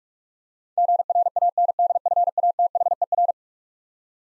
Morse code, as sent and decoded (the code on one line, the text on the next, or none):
--. .-. .- -. -.. ..-. .- - .... . .-.
GRANDFATHER